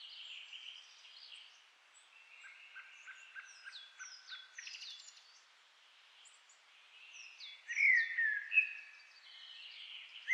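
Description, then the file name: Common blackbird song: quieter warbled phrases mixed with high, downslurred squeaky notes, then a louder fluted phrase near the end. "Turdus merula"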